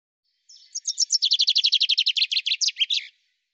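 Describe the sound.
Common chaffinch song, a fast series of short sharp notes stepping downward, closing with a brief emphatic flourish; no other sounds.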